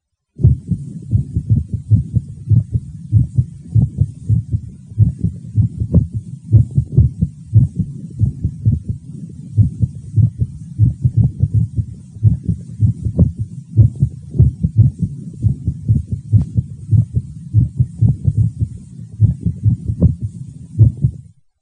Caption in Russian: Мерцательная аритмия или трепетание предсердий чаще всего аускультативно определяется отсутствием всякой закономерности в следовании тонов сердца, а также их меняющейся звучностью. Запись, полученную на верхушке сердца у больного с тахисистолической формой мерцательной аритмии.